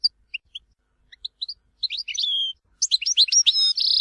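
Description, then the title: European goldfinch singing: scattered single tinkling notes building into quicker twittering phrases and ending in a drawn-out note. "Chant Chardonneret"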